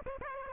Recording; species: mosquito wingbeat signal from an infrared sensor; Aedes aegypti